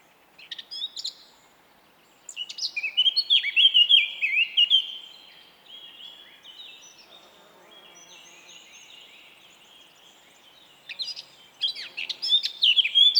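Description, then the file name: Eurasian blackcap warbling: a fast jumble of varied notes with clear whistles, a quieter stretch of soft twittering, then another lively phrase. "Sylvia atricapilla"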